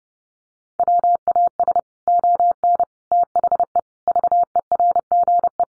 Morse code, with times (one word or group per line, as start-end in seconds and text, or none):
0.8-1.8 WAS
2.1-2.8 ON
3.1-3.8 THE
4.1-5.6 VERGE